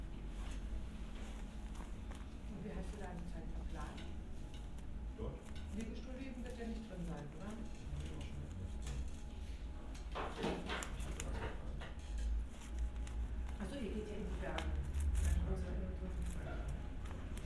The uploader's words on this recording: Ein kurzer Aufenthalt in einem Lieblingsrestaurant. A quick visit to a favorite restaurant.